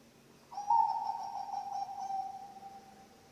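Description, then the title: Zebra dove giving one long purring coo, sharp at the start, then a steady trembling tone that slowly dies away. Bangkok-type zebra dove (perkutut) song, played for training other birds (masteran) and for luring (pancingan). "mster Mnuk. SUARA OCEHAN BURUNG PERKUTUT BANGKOK Untuk MASTERAN dan PANCINGAN"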